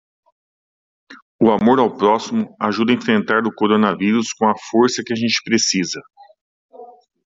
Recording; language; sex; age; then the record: spoken sentence; Brazilian Portuguese; male; 40 to 49 years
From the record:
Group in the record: control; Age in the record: 48 years